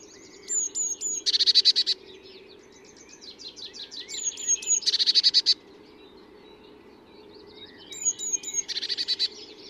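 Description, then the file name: Eurasian blue tit: several thin high notes then a dense harsh churr, repeated about every three and a half seconds over steady background noise. "Cyanistes caeruleus"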